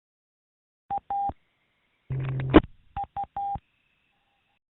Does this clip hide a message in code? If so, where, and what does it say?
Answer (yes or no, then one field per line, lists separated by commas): no